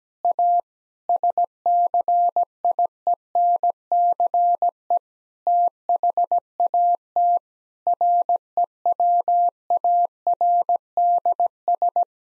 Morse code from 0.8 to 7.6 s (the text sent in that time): SCIENCE THAT